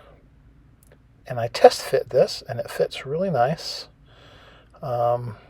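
Someone talks while test-fitting the small rear decking piece with ears into the cut-out fuselage of a Fokker Dr.I model kit. The piece is handled but not yet home; nothing has seated or clicked yet.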